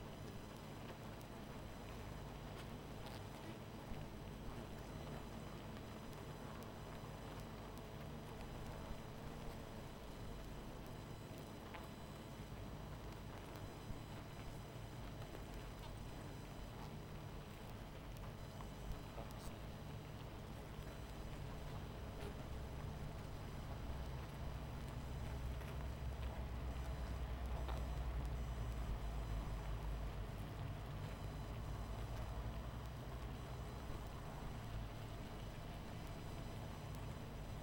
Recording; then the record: honeybee colony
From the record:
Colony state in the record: missing queen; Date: 14 July 2017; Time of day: 22:20